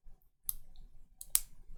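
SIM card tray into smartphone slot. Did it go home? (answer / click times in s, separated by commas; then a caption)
yes / 0.5 s, 1.4 s. A plastic/metal SIM card tray is pushed further into the slot of a Motorola Edge 60 Fusion smartphone, giving sharp, bright clicks at 0.5 s and 1.4 s, with a softer tick just before the second. The tray goes in easily and seats in the slot.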